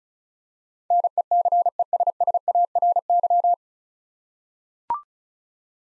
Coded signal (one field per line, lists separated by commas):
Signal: Morse code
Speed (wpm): 36 wpm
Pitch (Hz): 700 Hz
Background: none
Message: NECESSARY